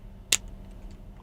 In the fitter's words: Circuit board and everything. You hear a snap.